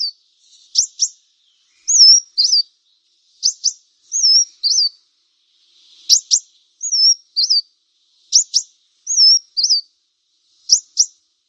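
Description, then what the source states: Brown-throated Sunbird song, high and thin: sharp paired chips alternating with a wavering slurred whistle, the pattern repeated several times. Local name kolibri kelapa; described as gacor, singing vigorously.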